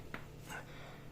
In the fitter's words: in there it is click back in place now there's that protective cover